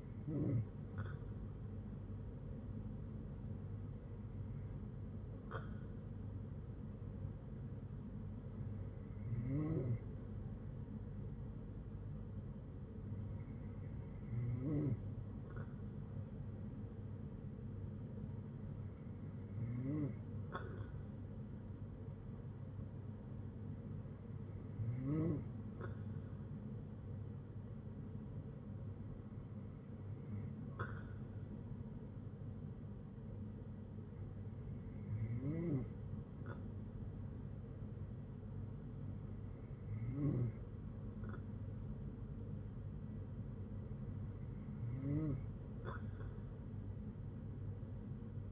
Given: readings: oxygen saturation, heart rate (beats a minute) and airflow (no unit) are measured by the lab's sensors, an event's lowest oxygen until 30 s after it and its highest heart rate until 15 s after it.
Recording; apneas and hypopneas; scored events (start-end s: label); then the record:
breathing in sleep by a smartphone at the bedside; none
33.00-48.51 s: new sleep stage, N2 (light sleep)
From the record:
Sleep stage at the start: N3 (deep sleep); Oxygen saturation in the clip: 93 to 94%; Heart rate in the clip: 59 to 69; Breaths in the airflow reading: 10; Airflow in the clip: -7.7 to 5.5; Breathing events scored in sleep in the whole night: 182 in 7.4 hours asleep